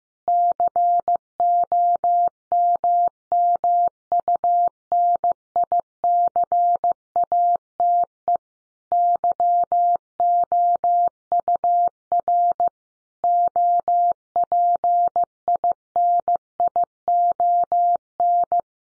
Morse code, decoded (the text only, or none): COMMUNICATE YOUR OPINION